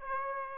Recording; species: mosquito wingbeat signal from an infrared sensor; Aedes aegypti